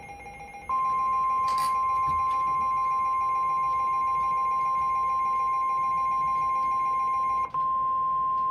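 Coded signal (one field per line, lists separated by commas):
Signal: Emergency Alert System (SAME) tones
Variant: 1050 Hz attention tone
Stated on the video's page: Real EAS alerts including RLX severe weather alerts and a flood watch for a dam failure.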